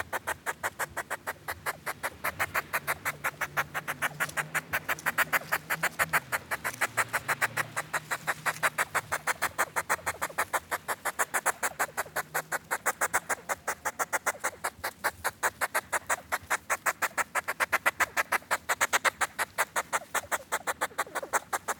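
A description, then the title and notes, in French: Hedgehogs courting: a fast, steady train of sharp, rhythmic snorts and puffs through the nose, several per second, continuing without pause. A low hum or grunt-like tone wavers underneath during the first half. Parade nuptiale de hérisson. Lorsqu'ils se font la cour, les hérissons poussent des reniflements rythmiques. C'est surtout la femelle qui halète bruyamment par les narines.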